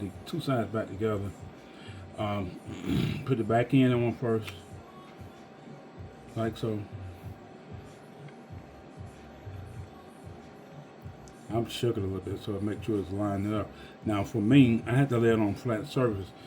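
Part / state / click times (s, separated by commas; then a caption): plastic key fob shell halves being aligned / not seated / none. The two plastic shell halves of a 2019–2022 Chevrolet Silverado LT key fob, opened for battery replacement, are fitted back together back end first, shaken slightly and lined up before being pressed shut. Someone talks throughout, with a throat clear and quiet handling sounds in between. Nothing has clicked or seated yet.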